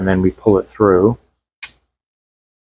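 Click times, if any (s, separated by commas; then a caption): 1.6 s. Someone talks while pulling a plastic filter-roll part through its mount in a Red Sea ReefMat 500 aquarium roller-mat filter housing, a critical step that had been missed earlier. A single sharp click follows at 1.6 s as the part snaps into place, seated.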